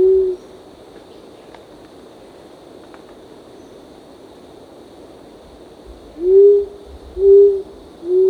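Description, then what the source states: Short-toed coucal: the end of one hoot at the start, a quiet stretch with steady insect hum, then three deep, level hoots about a second apart near the end. Recorded on 1 April 2006.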